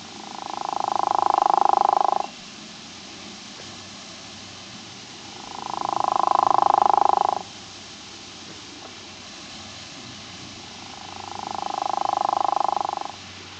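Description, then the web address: Frog repeating a purring, pulsed croak three times, each about two seconds long with roughly three-second gaps. "frogs Family Ranidae"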